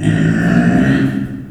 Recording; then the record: squeal of a Yucatan mini pig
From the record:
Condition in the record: after surgery on the right vocal fold (resection and tissue-engineered implant); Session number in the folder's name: 3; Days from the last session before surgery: 21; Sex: female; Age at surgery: 19 weeks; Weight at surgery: 25 kg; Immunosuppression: prednisolone